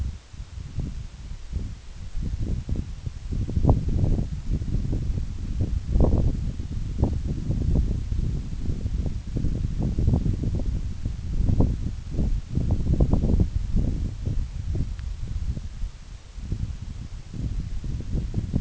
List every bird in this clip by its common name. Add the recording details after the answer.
none. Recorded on Arctic tundra, site NAIT-1, on 26 June 2019. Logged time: 12:00